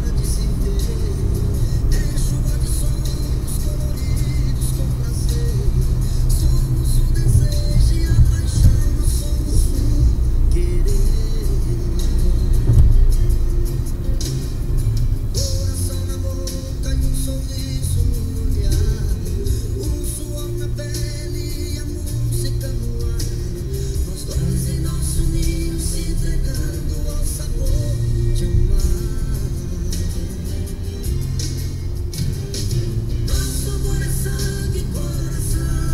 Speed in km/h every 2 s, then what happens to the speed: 112, 111, 106, 101, 100, 100, 92, 86, 73, 67, 65, 64, 66, 68, 70, 73, 74, 77.
0-21 slows to 64. 21-36 speeds up to 77.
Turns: none.